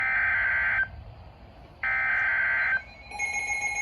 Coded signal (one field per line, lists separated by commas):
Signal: Emergency Alert System (SAME) tones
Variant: header bursts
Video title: Tornado Warning & Severe Thunderstorm Warning (EAS #531 & 532) Double Header